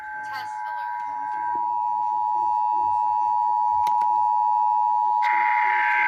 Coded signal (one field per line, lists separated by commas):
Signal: Emergency Alert System (SAME) tones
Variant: 853 and 960 Hz attention tone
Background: speech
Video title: DC Monthly June 2021: Two stations at one time, a TN mock, and some HD subchannels(EAS 1,228-1,256)